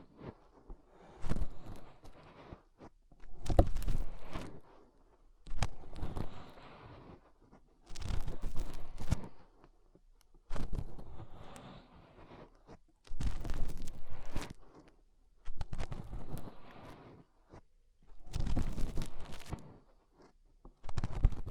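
Fingers rub and scrape inside an ear in repeated bursts of muffled, crackling friction, each lasting about a second and returning every two to three seconds. Sharp clicks and pops jump out of some strokes. Between bursts there is near silence.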